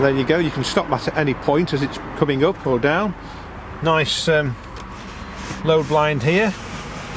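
A retractable luggage load cover blind is handled toward its side mounts in the boot of a Mercedes-Benz CLA 250 AMG Sport 4Matic, but nothing has seated or clicked yet. Someone talks throughout over a low, steady background hum.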